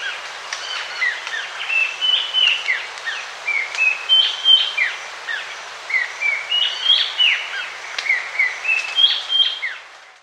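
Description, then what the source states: Amazonian streaked antwren giving many short whistled notes, some rising and some falling, in a quick irregular sequence. South America.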